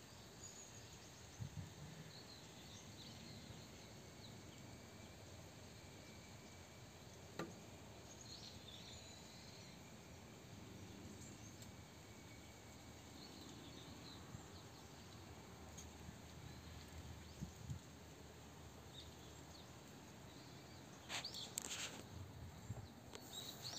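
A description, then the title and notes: Outdoor background ambience with birds, a steady low rumble of wind or noise filling the whole stretch. Faint, high bird calls chirp now and then, with a sharp click near seven seconds and brief brighter bursts around twenty-one seconds. Jeju Birds background recording.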